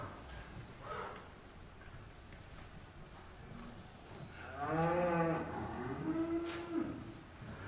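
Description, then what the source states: Cow giving one long, low moo after several seconds of quiet background noise. Cow mooing in a barn.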